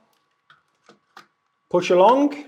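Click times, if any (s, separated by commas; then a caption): none. A power supply unit is handled and lined up on a door operator chassis before being pushed along to lock. Three faint, short handling ticks come at about 0.5, 0.9 and 1.2 seconds, and then someone talks. Nothing has seated or clicked yet.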